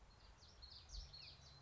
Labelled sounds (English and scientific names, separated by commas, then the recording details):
Common Yellowthroat (Geothlypis trichas)
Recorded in Sonoma County, California